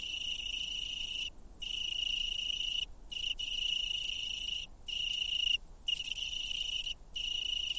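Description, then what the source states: Italian tree cricket singing a continuous high ringing trill, interrupted by several brief pauses. Males sing so that females can locate them and mate.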